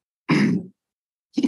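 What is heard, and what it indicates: Two abrupt, harsh throat-clearing noises about a second apart, the first lasting roughly half a second and the second cut off at the end. A throat-clearing vocal tic of Tourette syndrome in an adult man, breaking into his speech.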